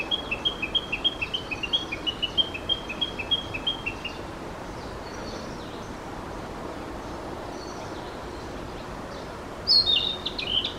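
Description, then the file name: Narcissus flycatcher song: a rapid run of clipped, even notes repeated for about four seconds, a quiet gap with faint high notes, then a sudden sharp whistled phrase. Recorded 1 June 2022. "20220601 キビタキ"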